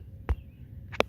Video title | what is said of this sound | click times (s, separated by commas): New Polaris Snow plow on the 2018 1000 XP | just kind of lift up on the plow until there's a click. | 1.0 s